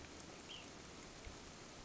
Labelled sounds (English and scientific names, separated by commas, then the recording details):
Ash-throated Flycatcher (Myiarchus cinerascens)
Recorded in Sonoma County, California